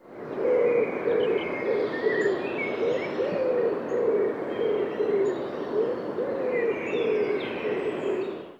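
Common Wood Pigeon cooing, low soft hooting notes repeated throughout, with faint chirps of other birds higher up and background hiss.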